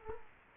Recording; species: mosquito wingbeat signal from an infrared sensor; Culex quinquefasciatus